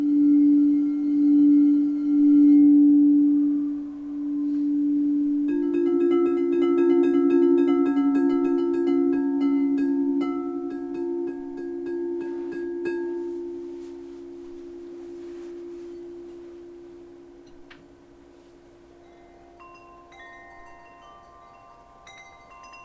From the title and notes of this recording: LIVE CRYSTAL BOWL CONCERT. Full set single track recorded live at one of my crystal singing bowl concerts.